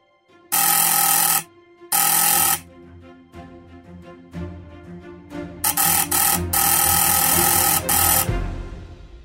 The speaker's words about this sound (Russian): Рано утром Галина проснулась от непрерывного дверного звонка.